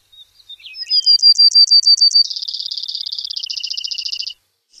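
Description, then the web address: Brewer's sparrow song: a few soft introductory notes, then a high, fast trill of clipped notes, switching at midpoint to a longer, lower, buzzy trill lasting about two seconds. Recorded in North America. "Nature Songs N America Songs of Birds of North America Stokes Brewers Sparrow"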